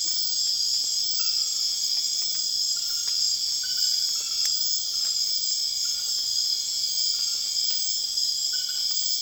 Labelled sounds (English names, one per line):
none